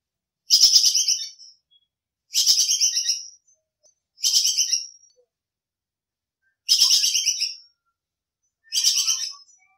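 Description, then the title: Squirrel chatter: five rapid, pulsed, buzzy bursts, each about a second long, repeated roughly every two seconds against silence. Squirrel 'kekes' call, described as gacor (calling constantly), used for masteran training. "MASTERAN BAJING KEKES GACOR"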